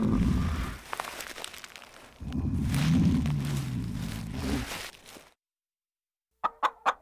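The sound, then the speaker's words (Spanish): A hen clucks busily over a scratchy, rustling background for about five seconds, falls silent, then lets out three short, sharp clucks in quick succession. “¡Clo, Clo, adorado mío! ¡Cómo me alegro de verte! Cloqueó la gallina.”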